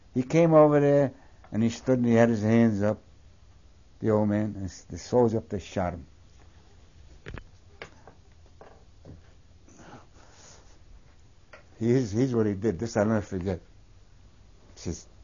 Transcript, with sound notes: He came over there and he stood and he had his hands up, the old man, and the soldier just shot him. ( he pauses ) Here's what he did. This I'll never forget. He says,